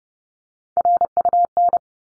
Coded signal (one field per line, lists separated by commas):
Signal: Morse code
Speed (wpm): 30 wpm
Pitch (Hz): 700 Hz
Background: none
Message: RUN